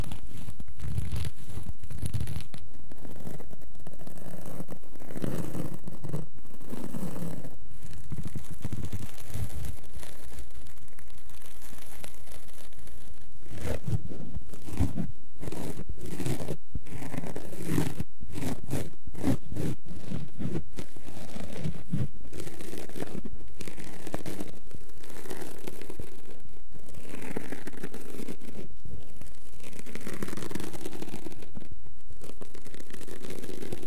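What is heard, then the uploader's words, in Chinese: Scratching sounds run through the whole recording, a dense, uneven rasping with rough, papery texture. Bursts of quick strokes come in irregular clusters, busiest between about 13 and 20 seconds, separated by brief pauses, with a low rumble underneath throughout. 抓挠声。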